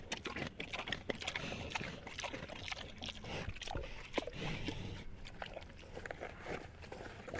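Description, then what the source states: Pig munching steadily: dense, rapid smacking and slurping clicks with wet crunches throughout, continuous. Landrace breed pig eating peaches.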